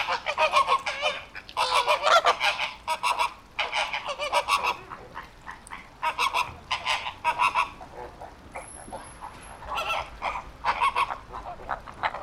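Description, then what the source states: Flamingos honking: a flock gives harsh, nasal, goose-like honks in overlapping bursts, with a brief thin whistle partway through. At a zoo.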